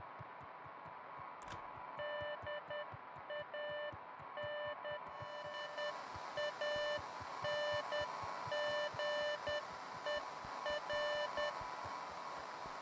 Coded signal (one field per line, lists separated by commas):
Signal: Morse code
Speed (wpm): 10 wpm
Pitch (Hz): 590 Hz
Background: none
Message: DANE ANGER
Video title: Beacon Pines (2/19/2024)